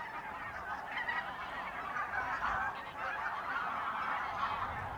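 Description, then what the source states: Goose: geese in a large flock, a continuous jumble of honking and gabbling calls without any break. Birds in a renaturalised area at Polder Glies, Sellstedt, Germany, 9 November 2020; binaural ORTF pair of t.bone SC 140 microphones with Rycote windjammer, TASCAM DR100 MK3 recorder.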